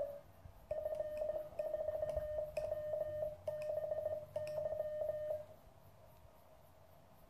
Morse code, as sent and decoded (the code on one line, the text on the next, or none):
..-. ....- .-- -... -.--
F4WBY